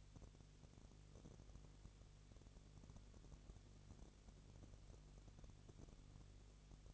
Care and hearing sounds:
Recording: daily activity, microphone in the room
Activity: no activity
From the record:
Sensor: 4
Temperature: 22.3 degrees Celsius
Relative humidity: 32.8%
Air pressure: 1002.0 hPa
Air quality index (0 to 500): 185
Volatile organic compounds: 4 ppm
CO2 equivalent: 1635 ppm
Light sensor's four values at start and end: 2/3/1/1 and 2/3/1/1

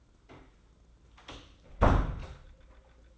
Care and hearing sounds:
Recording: daily activity, microphone in the room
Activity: close door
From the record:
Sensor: 3

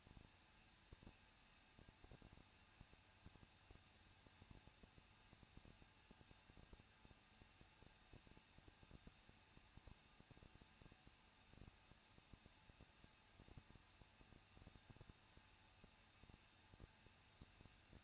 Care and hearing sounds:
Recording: daily activity, microphone in the room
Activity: no activity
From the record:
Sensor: 2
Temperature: 21.0 degrees Celsius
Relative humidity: 37.3%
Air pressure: 1006.2 hPa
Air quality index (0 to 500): 221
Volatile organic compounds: 23 ppm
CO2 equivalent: 2792 ppm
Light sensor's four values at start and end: 2/3/2/2 and 2/3/2/2

